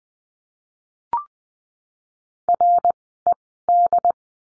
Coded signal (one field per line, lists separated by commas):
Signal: Morse code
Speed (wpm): 20 wpm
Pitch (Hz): 700 Hz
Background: none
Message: R E D